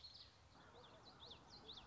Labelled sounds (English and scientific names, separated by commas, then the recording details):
Common Yellowthroat (Geothlypis trichas)
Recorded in Sonoma County, California